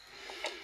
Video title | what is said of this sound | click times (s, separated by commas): Gts Garage - 500M DSP BT Bluetooth Motorbike Intercom review | and that just basically locks into place like so | 0.4 s